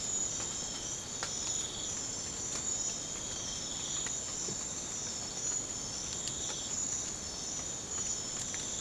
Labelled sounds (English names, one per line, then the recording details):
none
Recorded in secondary vegetation near Puerto Asís, Putumayo, Colombia, on 30 June 2025 at 04:30
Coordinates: 0.500, -76.326
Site GP08